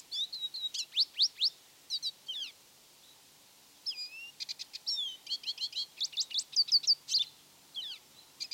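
Lesser goldfinch song of twittering high notes and sweet slurred whistles, broken by a brief silence before a longer excited burst of chatter and trills.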